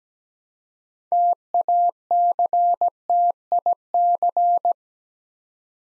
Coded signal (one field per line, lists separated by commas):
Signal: Morse code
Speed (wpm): 17 wpm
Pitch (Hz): 700 Hz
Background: none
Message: TACTIC